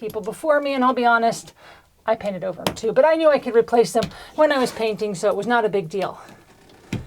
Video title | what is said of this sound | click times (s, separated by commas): Yacht #12: The end is finally getting close. Getting engines one step closer to done | so this snaps into place and can be taken down so that's been working really good | 6.9 s